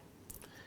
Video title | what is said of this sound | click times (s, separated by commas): Review of Retevis RT46 FRS Walkie Talkies (#218) | then slide that on the back, and it just snaps into place. Okay. | 0.3 s